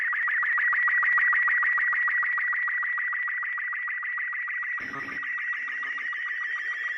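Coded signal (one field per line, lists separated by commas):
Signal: SSTV (slow-scan television)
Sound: warbling, buzzy tone with rapid regular ticking sync pulses, steady throughout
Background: brief noise burst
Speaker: now that you've got your video with the recording of the sstv signal I've got it right here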